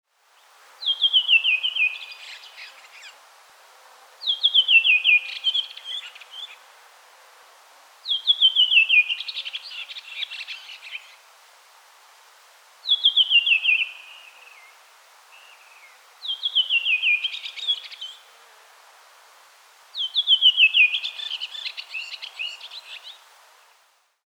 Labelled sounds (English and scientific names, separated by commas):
Redwing (Turdus iliacus)